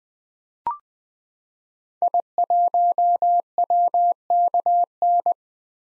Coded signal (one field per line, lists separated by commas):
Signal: Morse code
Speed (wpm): 20 wpm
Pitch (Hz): 700 Hz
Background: none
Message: I1WKN